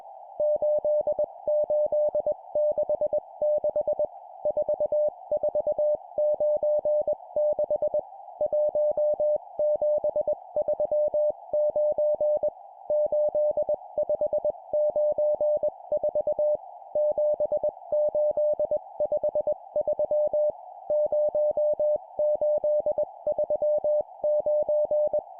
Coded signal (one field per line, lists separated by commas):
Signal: Morse code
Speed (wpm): 21 wpm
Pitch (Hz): 600 Hz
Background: music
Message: 8866 4496 1739 8594 7853 0839